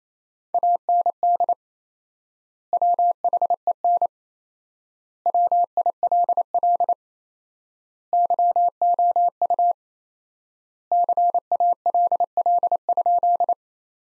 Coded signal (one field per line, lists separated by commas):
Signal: Morse code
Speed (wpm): 28 wpm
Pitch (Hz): 700 Hz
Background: none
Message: AND WHEN WILL YOU CALL?